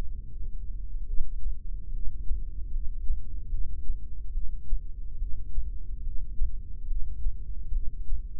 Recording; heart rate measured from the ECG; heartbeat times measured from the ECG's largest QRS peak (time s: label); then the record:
heart sounds by microphone in the left ear; 72 bpm
1.11 s: heartbeat
1.94 s: heartbeat
2.73 s: heartbeat
3.52 s: heartbeat
4.35 s: heartbeat
5.20 s: heartbeat
6.05 s: heartbeat
6.88 s: heartbeat
7.74 s: heartbeat
From the record:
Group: heart failure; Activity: rest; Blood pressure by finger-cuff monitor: 135/92 mmHg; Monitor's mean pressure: 109 mmHg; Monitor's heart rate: 71 bpm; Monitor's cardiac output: 6.3 L/min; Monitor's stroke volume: 87 mL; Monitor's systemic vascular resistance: 1260 dyn s/cm5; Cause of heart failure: idiopathic cardiomyopathy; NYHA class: 1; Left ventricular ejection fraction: 50%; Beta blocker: bisoprolol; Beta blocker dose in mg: 5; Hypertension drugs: candesartan, spironolactone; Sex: male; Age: 54 years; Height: 180 cm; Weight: 94.6 kg